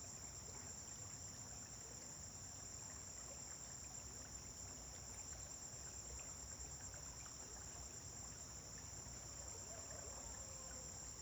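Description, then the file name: Steady high-pitched cricket trilling runs unchanged for the whole stretch, accompanied by a continuous low rumble. Crickets on a farm at dawn, with vehicles passing on a distant road. "Amanhecer na fazenda com grilos veiculos passando em estrada longe"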